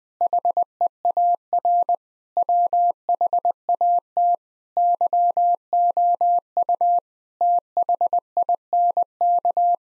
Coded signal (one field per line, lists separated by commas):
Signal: Morse code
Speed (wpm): 20 wpm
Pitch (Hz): 700 Hz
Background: none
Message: HEAR WHAT YOU THINK